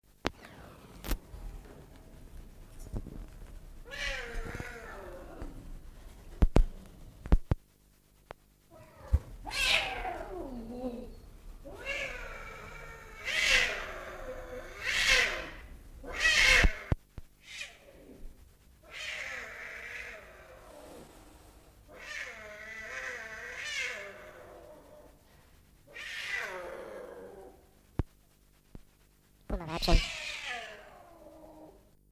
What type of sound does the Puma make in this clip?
call